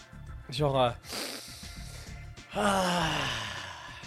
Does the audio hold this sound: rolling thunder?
no